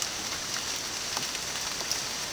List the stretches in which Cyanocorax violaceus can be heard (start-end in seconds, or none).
none